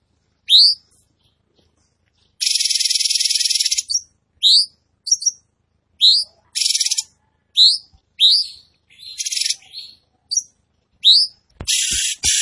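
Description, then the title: Tembakan bird song of short rising notes at an uneven pace, interrupted by several dense, scratchy high bursts. Training recording for caged birds; bird singing vigorously, described as gacor. "Masteran Burung Tembakan Gacor"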